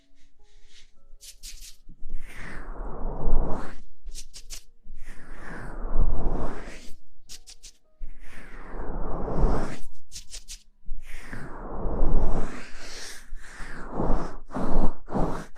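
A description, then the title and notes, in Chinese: Hands in silk stocking gloves give a massage, with slow rubbing strokes that swell and fade about every two seconds. Between strokes come brief squeaks, light ticks and short pauses, and a faint low hum runs underneath throughout. 黑白双丝丝袜手套按摩。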